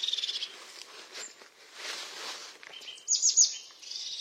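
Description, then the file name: European crested tit song: thin high notes with a short buzzy trill at the start and a quick burst of rapid falling chirps near the end. "Canto do chapim de crista"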